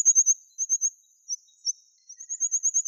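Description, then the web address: Tree pipit giving very high, thin, rapidly repeated notes in bursts separated by short gaps. "Anthus trivialis"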